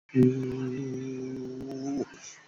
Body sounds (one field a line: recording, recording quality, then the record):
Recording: sustained vowel as in boot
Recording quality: excellent, no background noise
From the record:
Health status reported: COVID-19 positive, moderate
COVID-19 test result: positive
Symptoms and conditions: cough, breathing difficulty, sore throat, fever, fatigue, muscle pain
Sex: male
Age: 43 years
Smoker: not ticked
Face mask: not worn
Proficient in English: yes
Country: India